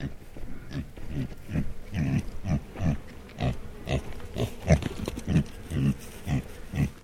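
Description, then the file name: Tamworth pig grunting: a series of low, rough grunts, roughly two per second. Tamworth breed; a sequence of grunts. "ANIMAL PIG TAMWORTH HAMISH GRUNT SEQUENCE"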